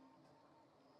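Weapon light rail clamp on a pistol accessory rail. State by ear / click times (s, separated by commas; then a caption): not seated / none. A small Olight PL-X weapon light is pushed onto a compact pistol's accessory rail, but the rail attachment piece does not slide far enough back to latch. Only a steady low hum with faint tonal lines is heard, with no sharp sounds, and nothing has seated or clicked yet.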